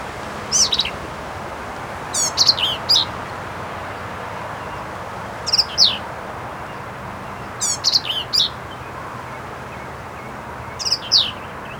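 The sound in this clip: Black-capped vireo song, brief scratchy phrases of quick buzzy and squeaky notes, delivered in bursts spaced a few seconds apart against a hissing background.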